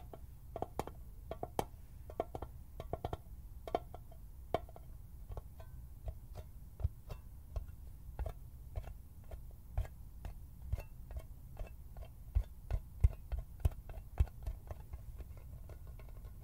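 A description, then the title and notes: Hand sounds and scissors: a run of short, sharp clicks and snips, irregular but frequent, roughly two or three per second across the whole clip, some louder than others. A steady low rumble sits underneath throughout. HAND SOUNDS, FINGER FLUTTERING, SCISSORS SOUNDS.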